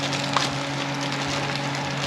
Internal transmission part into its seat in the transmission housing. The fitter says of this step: in and it goes this way down kind of snaps into place